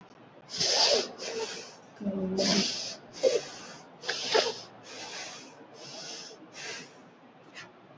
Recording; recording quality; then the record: deep breathing; excellent, no background noise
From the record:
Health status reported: COVID-19 positive, mild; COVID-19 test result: positive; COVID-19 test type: RT-PCR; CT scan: not taken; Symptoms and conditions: cough, sore throat, fever, muscle pain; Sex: female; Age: 35 years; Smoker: no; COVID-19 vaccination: both doses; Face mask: worn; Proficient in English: yes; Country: India